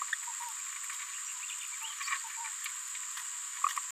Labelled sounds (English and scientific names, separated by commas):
Green-rumped Parrotlet (Forpus passerinus) babbling